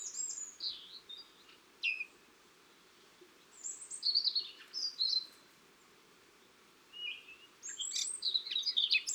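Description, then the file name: Eurasian blackcap: songbird warbling: short scattered phrases of high chirps and whistles with quiet gaps, over steady background hiss. "Sylvia atricapilla"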